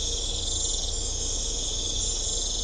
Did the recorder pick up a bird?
no